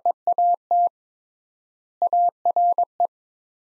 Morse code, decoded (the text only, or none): EAT ARE